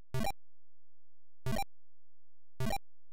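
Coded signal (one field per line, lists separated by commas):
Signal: none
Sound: game music and sound effects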